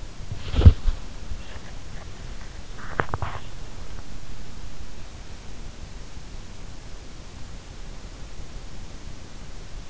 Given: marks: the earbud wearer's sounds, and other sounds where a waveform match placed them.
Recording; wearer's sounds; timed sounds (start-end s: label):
sounds in sleep by an in-ear microphone; teeth grinding, body movement
0.00-1.13 s: teeth grinding
2.69-3.63 s: body movement